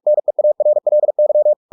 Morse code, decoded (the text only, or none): NEARLY